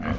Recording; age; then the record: pig call; growing-finishing pig (85 days or more)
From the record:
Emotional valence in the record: positive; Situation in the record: enriched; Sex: female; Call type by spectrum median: low-frequency call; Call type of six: low-frequency stable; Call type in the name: low-frequency stable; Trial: 4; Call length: 0.19 s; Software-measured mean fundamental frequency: 53 Hz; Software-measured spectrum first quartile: 163 Hz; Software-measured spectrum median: 366 Hz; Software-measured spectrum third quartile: 1096 Hz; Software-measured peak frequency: 83 Hz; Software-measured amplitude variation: 141 dB a second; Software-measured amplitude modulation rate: 24.2 a second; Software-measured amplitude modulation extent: 5.8 dB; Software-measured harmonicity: -0.8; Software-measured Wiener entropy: -1.44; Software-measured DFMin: 646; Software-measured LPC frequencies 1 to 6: 1140, 2149, 2984, 4055, 5466, 6143 Hz